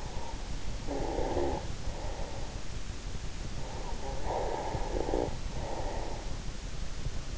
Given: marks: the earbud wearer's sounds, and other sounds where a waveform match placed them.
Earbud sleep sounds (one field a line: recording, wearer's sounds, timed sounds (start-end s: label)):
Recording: sounds in sleep by an in-ear microphone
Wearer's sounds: snoring breath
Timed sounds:
0.00-2.60 s: snoring breath
3.64-6.50 s: snoring breath